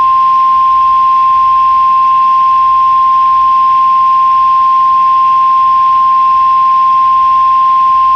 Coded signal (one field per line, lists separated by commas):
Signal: Emergency Alert System (SAME) tones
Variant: 1050 Hz attention tone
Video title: The Touch (An EAS Scenario)